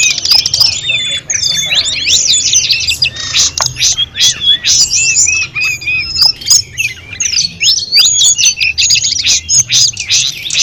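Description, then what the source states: Sunda robins singing in a dense chorus of high twittering, squeaky whistles and harsh chattering notes, with repeated clicks. Five birds singing together.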